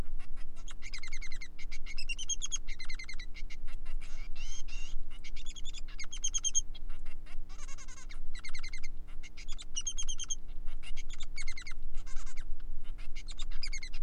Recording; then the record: song of a male Bengalese finch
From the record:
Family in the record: son of father 3